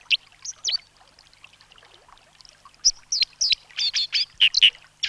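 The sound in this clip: Dipper giving a few sharp high notes, then a quiet spell with a soft trickling background, before a rapid burst of loud, ringing chirps near the end.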